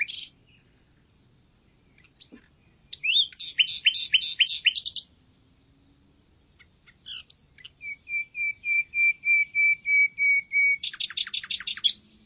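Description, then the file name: Common nightingale singing: a short note, then a fast pulsed trill, then a long series of evenly repeated pure whistles, closing with another rapid rattle of notes. "Luscinia megarhynchos"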